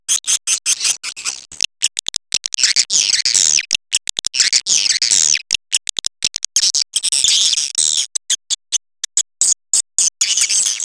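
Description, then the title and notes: Swiftlet chirps come in choppy bursts broken by abrupt silent cuts, each burst a rapid run of high twittering notes. Swiftlet farming context, Asia. "Swiflet Bird Sound. Farming Swiflet Bird asia sound"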